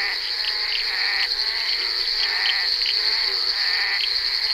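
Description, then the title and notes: Bullfrog croaks, several overlapping harmonic calls, set against a continuous high-pitched insect hum. Recorded during the filming of Bal poussière by Henri Duparc in February 1988. "crapaux buffle. enregistré sur le tournage Bal poussière dhenri duparc en février 1988"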